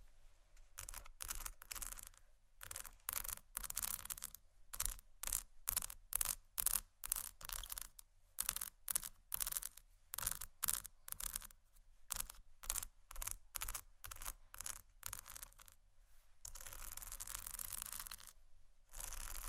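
Scratchy tapping in quick, uneven bursts of crisp, bright strokes, packed tightly together with short gaps of near silence between runs. Near the end the taps give way to a steadier stretch of continuous scratching. A faint low hum sits underneath throughout.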